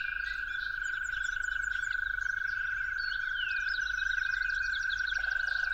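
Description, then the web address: Toad giving a loud, unbroken high trill throughout, with varied bird chirps and whistles layered above. Toads calling at dawn. "musicofnature Toads at Dawn"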